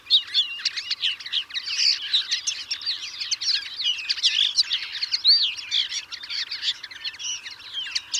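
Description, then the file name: European greenfinch giving a dense, continuous twitter of quick chirps and short trills, with no pauses throughout. "Chloris chloris"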